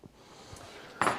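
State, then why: Released. A cordless tool battery pack is unlatched and pulled off a miter saw before a blade change, releasing it from the saw. After quiet low handling noise, a sharp click at 1.0 s marks the unlatching, followed by a brief rattle as the pack comes free.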